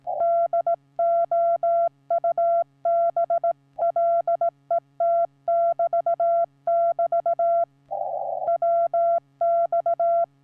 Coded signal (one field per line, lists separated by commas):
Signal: Morse code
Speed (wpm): 16 wpm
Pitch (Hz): 680 Hz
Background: none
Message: DOUBLET <BT> <BT> WX